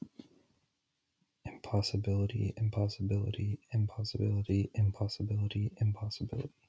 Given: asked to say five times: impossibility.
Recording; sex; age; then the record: repeated word; male; 20 to 29 years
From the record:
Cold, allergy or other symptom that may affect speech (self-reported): no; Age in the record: 26 years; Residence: California, United States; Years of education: 18